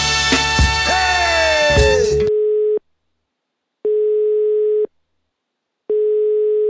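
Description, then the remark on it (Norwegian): An outgoing call from the radio show Grenseløst on Radio Nova (FM 99.3): its ringing tone follows a short burst of noisy, sweeping line sounds. A steady mid-pitched tone repeats in roughly one-second pulses separated by equal silences, with no voices. “Det her er Olaf G. fra Grenseløst på Radio Nova som ringer.”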